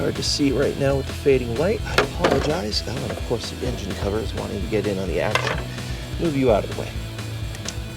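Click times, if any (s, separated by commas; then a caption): 7.7 s. Someone talks over background music while the last plastic breather hose quick-connect connector is pushed onto its fitting on a VW Mk4 R32 engine, with the engine cover moved out of the way. A short, sharp click at 7.7 s marks the connector seating home and re-engaging.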